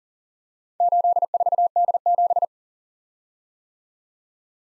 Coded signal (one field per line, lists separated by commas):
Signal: Morse code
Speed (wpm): 42 wpm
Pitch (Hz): 700 Hz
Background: none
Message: 84D7